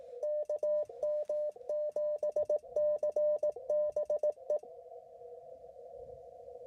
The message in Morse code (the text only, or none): KM7CBE